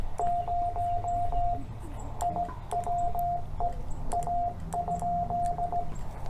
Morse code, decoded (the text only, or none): 0 IWE A?